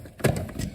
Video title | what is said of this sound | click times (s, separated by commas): Portable AC | And right here, one thing that you want to make sure is that they have to be clipped on. | 0.2 s